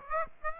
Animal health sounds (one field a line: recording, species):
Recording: mosquito wingbeat signal from an infrared sensor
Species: Aedes aegypti